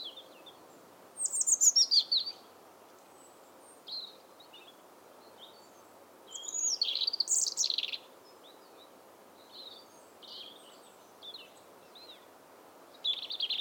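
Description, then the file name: European robin singing in bursts of sweet, high, tumbling notes and trills, with short gaps between phrases; faint background hiss. "Erithacus rubecula"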